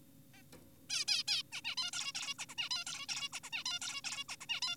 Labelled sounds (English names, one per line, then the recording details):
Zebra Finch
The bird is an adult
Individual g4p5U